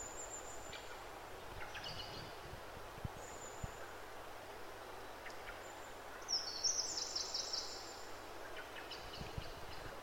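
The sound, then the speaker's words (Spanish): Faint, high chirps and short calls of birds in a forest over a steady hiss of outdoor ambience, with a brighter burst of twittering about two-thirds of the way through and scattered soft rustles. “Si preguntas a la gente sobre sus sonidos favoritos o los sonidos que más les gustan o les relajan, muchos te contestarán que les gusta escuchar la naturaleza, los pájaros en el bosque.”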